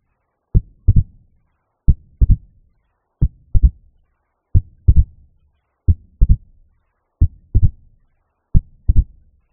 Heard roughly 0.1 seconds after the second heart sound. Having the extra heart sound of S3 can result in what's described as a gallop rhythm. Third heart sound can be normal in young, healthy patients aged around 15 to 40 years old, because the heart functions so well that the ventricles rapidly fill. In older patients, it can indicate heart failure.